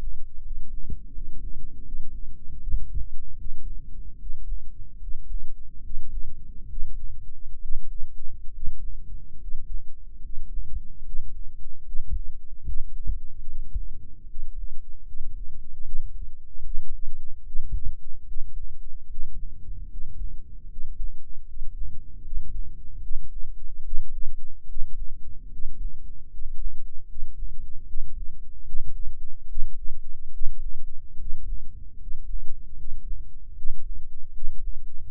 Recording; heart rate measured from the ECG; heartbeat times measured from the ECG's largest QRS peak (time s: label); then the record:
heart sounds by microphone in the left ear; 74 bpm
0.42 s: heartbeat
1.12 s: heartbeat
1.83 s: heartbeat
2.57 s: heartbeat
3.35 s: heartbeat
4.17 s: heartbeat
4.98 s: heartbeat
5.81 s: heartbeat
6.67 s: heartbeat
7.59 s: heartbeat
8.51 s: heartbeat
9.38 s: heartbeat
10.20 s: heartbeat
11.02 s: heartbeat
11.83 s: heartbeat
12.63 s: heartbeat
13.45 s: heartbeat
14.26 s: heartbeat
15.04 s: heartbeat
15.82 s: heartbeat
16.61 s: heartbeat
17.43 s: heartbeat
18.24 s: heartbeat
19.06 s: heartbeat
19.87 s: heartbeat
20.67 s: heartbeat
21.44 s: heartbeat
22.21 s: heartbeat
22.99 s: heartbeat
23.81 s: heartbeat
24.65 s: heartbeat
25.48 s: heartbeat
26.28 s: heartbeat
27.06 s: heartbeat
27.84 s: heartbeat
28.63 s: heartbeat
29.45 s: heartbeat
30.30 s: heartbeat
31.16 s: heartbeat
31.97 s: heartbeat
32.74 s: heartbeat
33.53 s: heartbeat
34.31 s: heartbeat
35.09 s: heartbeat
From the record:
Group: healthy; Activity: rest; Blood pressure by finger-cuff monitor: 93/64 mmHg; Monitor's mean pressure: 71 mmHg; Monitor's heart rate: 75 bpm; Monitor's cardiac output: 6.5 L/min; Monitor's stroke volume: 86 mL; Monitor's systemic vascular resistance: 790 dyn s/cm5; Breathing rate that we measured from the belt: 12 breaths a minute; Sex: male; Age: 23 years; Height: 178 cm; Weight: 96.6 kg